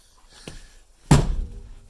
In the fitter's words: it locks into place and now you have seat belts let me